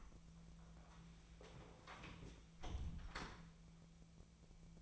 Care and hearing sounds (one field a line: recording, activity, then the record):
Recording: daily activity, microphone in the room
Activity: close door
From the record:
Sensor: 1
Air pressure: 1000.5 hPa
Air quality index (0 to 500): 183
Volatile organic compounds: 4 ppm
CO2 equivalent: 1688 ppm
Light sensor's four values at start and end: 14/34/14/16 and 14/33/14/16